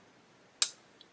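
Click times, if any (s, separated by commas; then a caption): 0.6 s. A foam-padded ratchet clamp is pulled down onto a plastic Airfix 1/35 Alvis FV622 Stalwart model assembly. It gives one sharp click at 0.6 s, followed by a faint tick at 1.0 s. The clamp locks and holds in place.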